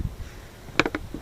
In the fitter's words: big one goes on the big side push until it clicks